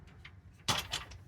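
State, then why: Not seated. On the other side of an Austrack Tanami 15B caravan, the metal awning support leg is handled and pushed toward its button mounting bracket. A faint tick sounds at 0.3 s, a loud metallic scrape and clatter follows around 0.7 s, and knocks come at 0.9 s and 1.1 s. Nothing has seated or clicked in yet.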